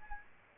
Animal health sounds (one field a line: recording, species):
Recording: mosquito wingbeat signal from an infrared sensor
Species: Aedes albopictus